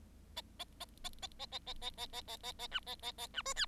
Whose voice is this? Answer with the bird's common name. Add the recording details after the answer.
Bengalese Finch. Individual Bird7